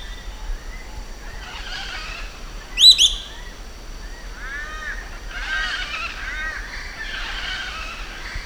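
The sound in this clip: Giant kingbird producing harsh, nasal arched calls in several chattering bouts, with a loud, piercing high double note early on, over faint steady hiss.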